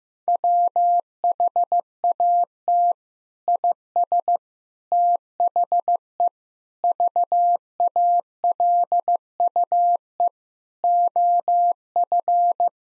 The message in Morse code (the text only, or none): WHAT IS THE VALUE OF